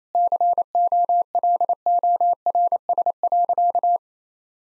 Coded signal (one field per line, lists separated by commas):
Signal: Morse code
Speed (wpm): 28 wpm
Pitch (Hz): 700 Hz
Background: none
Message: COLORS.